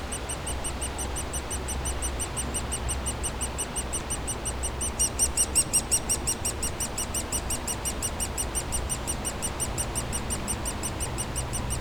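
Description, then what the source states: Woodpecker nestlings chirping continuously in high rapid notes, swelling midway, with a persistent low rumble of planes. Nestlings in a cavity at the foot of a dead tree trunk, squawking continuously as planes fly overhead; Bois Saint-Martin near Lognes aerodrome, Noisy-le-Grand, France; recorded with a DR-40X.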